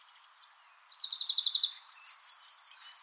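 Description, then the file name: Eurasian wren song: a fast, high, tinkling trill of rapid repeated notes that steps up in pitch and grows louder. "Troglodytes troglodytes"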